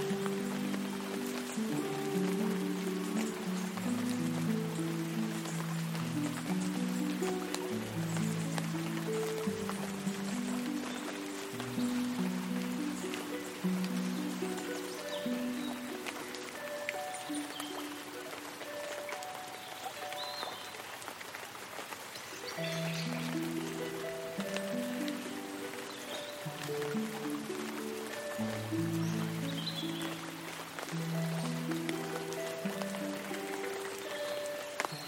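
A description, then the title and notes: Forest sounds with music: a slow, low melody of sustained notes steps up and down, drops out around 19 to 23 seconds, then returns. Underneath, a steady rain-like hiss runs throughout, with faint brighter chirps scattered across it. Elven cafe in the forest | relaxing fantasy harp | gentle water flowing | light raindrops. Gentle sound of running stream. Light raindrops on tree & umbrella. Forest sounds w/music.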